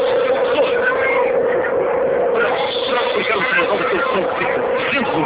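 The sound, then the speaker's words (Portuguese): A steady, unbroken humming buzz coming from inside an object, heard from less than 20 metres away, holds one low-mid pitch for the whole stretch, sitting inside a loud, rough wash of noise and a murmur that could be indistinct voices. “Ouvem, é exatamente um som de som, um zumbido de um dentro do objeto.”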